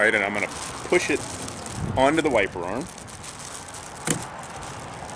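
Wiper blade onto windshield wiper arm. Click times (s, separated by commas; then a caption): 4.1 s. A new windshield wiper blade is pushed onto the hook connector of a 2003 Chevrolet Avalanche's wiper arm while someone talks. The plastic adapter snaps in place with a short, sharp click at 4.1 s, and the blade is seated and secure.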